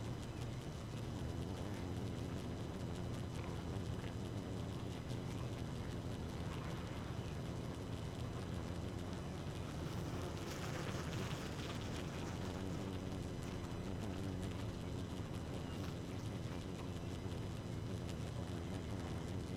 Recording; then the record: honeybee colony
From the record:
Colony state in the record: active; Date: 12 June 2018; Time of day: 2:56